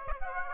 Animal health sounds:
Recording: mosquito wingbeat signal from an infrared sensor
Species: Aedes aegypti

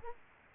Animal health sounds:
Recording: mosquito wingbeat signal from an infrared sensor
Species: Culex quinquefasciatus

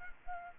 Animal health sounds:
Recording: mosquito wingbeat signal from an infrared sensor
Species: Aedes albopictus

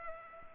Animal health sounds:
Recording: mosquito wingbeat signal from an infrared sensor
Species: Culex pipiens

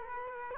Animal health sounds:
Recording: mosquito wingbeat signal from an infrared sensor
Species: Culex quinquefasciatus

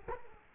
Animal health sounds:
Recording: mosquito wingbeat signal from an infrared sensor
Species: Culex quinquefasciatus

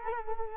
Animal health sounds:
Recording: mosquito wingbeat signal from an infrared sensor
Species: Culex quinquefasciatus

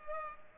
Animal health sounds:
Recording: mosquito wingbeat signal from an infrared sensor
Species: Culex pipiens

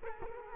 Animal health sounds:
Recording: mosquito wingbeat signal from an infrared sensor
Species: Culex quinquefasciatus

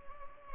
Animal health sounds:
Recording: mosquito wingbeat signal from an infrared sensor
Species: Culex pipiens

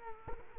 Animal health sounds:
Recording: mosquito wingbeat signal from an infrared sensor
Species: Culex quinquefasciatus

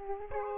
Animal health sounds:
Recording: mosquito wingbeat signal from an infrared sensor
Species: Aedes aegypti

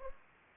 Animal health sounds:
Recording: mosquito wingbeat signal from an infrared sensor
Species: Anopheles arabiensis

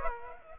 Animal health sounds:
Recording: mosquito wingbeat signal from an infrared sensor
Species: Aedes aegypti

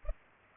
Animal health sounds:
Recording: mosquito wingbeat signal from an infrared sensor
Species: Culex pipiens

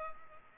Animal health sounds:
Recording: mosquito wingbeat signal from an infrared sensor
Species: Culex pipiens

